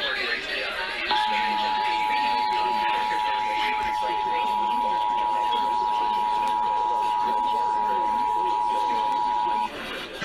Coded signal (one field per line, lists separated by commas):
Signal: Emergency Alert System (SAME) tones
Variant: 853 and 960 Hz attention tone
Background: speech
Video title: Los Angeles Required Monthly Tests (EAS #2166-2175) 6/30/20